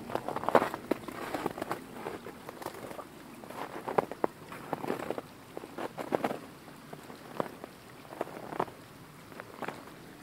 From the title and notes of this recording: Walking in Snow. Take a walk through the snow covered woodlands of Pennsylvania. This was recorded with binaural in-ear microphones.